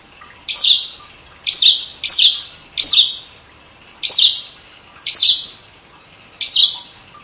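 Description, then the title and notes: Prinia singing seven bright, chirpy bursts with irregular gaps, some phrases doubled close together. Complete song sequence including the ngerol singing style. "Suara Kicau Burung Prenjak Lengkap dan Ngerol"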